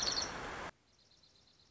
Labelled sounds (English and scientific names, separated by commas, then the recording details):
Dark-eyed Junco (Junco hyemalis)
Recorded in Sonoma County, California